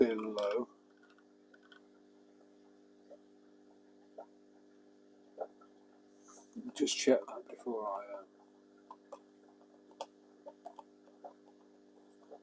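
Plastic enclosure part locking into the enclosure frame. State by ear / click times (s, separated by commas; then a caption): seated / 10.0 s. A plastic part of a small plastic spider enclosure is fitted into the enclosure frame while someone talks, with scattered light taps and ticks as it is handled. A sharp click at 10.0 s marks the part locking into place, and it works on either side.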